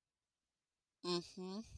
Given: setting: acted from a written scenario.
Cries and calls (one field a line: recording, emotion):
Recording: vocal sound without words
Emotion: contempt